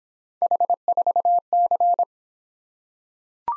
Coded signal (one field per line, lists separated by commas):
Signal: Morse code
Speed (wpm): 26 wpm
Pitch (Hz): 700 Hz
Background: none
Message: H4C